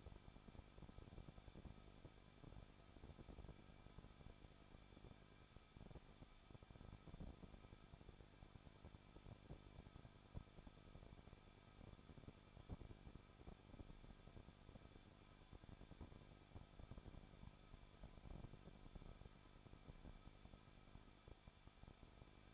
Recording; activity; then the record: daily activity, microphone in the room; no activity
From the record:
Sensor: 5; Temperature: 20.8 degrees Celsius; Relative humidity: 38.6%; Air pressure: 1006.4 hPa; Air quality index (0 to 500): 192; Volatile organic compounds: 21 ppm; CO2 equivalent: 2712 ppm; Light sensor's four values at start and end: 2/3/1/1 and 2/3/1/1